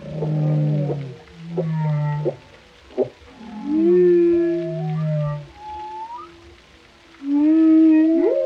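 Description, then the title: Whale song mixing low drawn-out hums, brief clicks and pulses, a mid-pitched wailing moan, and a final rising whoop. Whale vocalizations including moans, resonant calls and songs, for relaxation. "Soothing Symphony of the Deep: Captivating Whale Sounds for Relaxation"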